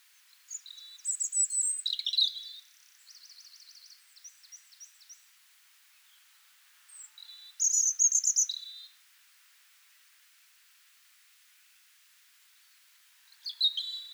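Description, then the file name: European robin singing in high, varied phrases of thin whistles and trills, separated by pauses, with a new phrase beginning at the end. "Erithacus rubecula"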